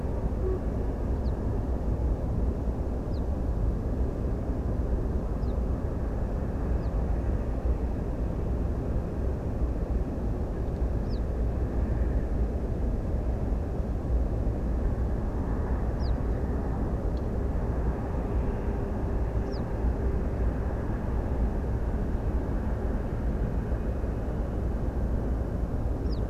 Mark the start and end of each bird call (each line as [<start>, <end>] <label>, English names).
[1.23, 1.32] Western Yellow Wagtail
[3.11, 3.20] Western Yellow Wagtail
[5.40, 5.54] Western Yellow Wagtail
[6.79, 6.90] Western Yellow Wagtail
[11.03, 11.19] Western Yellow Wagtail
[15.99, 16.12] Western Yellow Wagtail
[19.46, 19.61] Western Yellow Wagtail
[26.04, 26.21] Western Yellow Wagtail